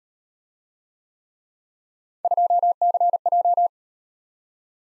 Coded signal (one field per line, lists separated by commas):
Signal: Morse code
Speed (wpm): 38 wpm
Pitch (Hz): 700 Hz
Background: none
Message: 2CJ